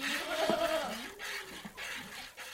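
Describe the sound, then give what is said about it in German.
A goat, one of two kept in abandoned stables, bleats in a wavering, nasal cry that rises and falls, followed by a shorter, quieter bleat against a steady background hiss. “In verlassenen Stallungen hält er Tauben und Hühner, auch Kaninchen und 2 Ziegen, deren Milch willkommene Abwechslung auf den Esstisch bringt.”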